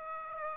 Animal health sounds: mosquito wingbeat signal from an infrared sensor; Aedes aegypti

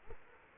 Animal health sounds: mosquito wingbeat signal from an infrared sensor; Culex quinquefasciatus

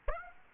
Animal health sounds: mosquito wingbeat signal from an infrared sensor; Aedes aegypti

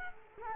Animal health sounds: mosquito wingbeat signal from an infrared sensor; Culex quinquefasciatus

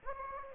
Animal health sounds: mosquito wingbeat signal from an infrared sensor; Anopheles gambiae

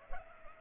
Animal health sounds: mosquito wingbeat signal from an infrared sensor; Culex pipiens

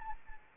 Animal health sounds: mosquito wingbeat signal from an infrared sensor; Anopheles arabiensis

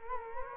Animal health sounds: mosquito wingbeat signal from an infrared sensor; Culex quinquefasciatus

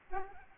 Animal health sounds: mosquito wingbeat signal from an infrared sensor; Aedes albopictus

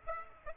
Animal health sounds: mosquito wingbeat signal from an infrared sensor; Aedes aegypti

